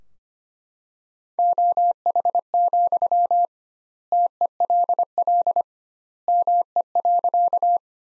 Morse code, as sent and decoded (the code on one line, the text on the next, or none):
--- .... --..-- / - . .-.. .-.. / -- . .-.-.-
OH, TELL ME.